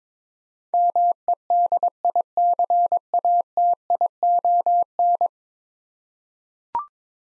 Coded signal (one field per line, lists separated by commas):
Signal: Morse code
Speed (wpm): 22 wpm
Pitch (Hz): 700 Hz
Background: none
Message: MEDICATION